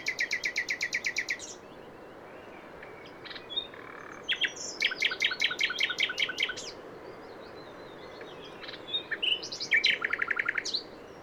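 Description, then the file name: Common nightingale song: a rapid rattling trill opens, followed by scattered notes, a long run of repeated strokes, then a final fast series. "Luscinia megarhynchos"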